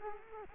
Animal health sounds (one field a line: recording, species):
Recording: mosquito wingbeat signal from an infrared sensor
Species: Culex quinquefasciatus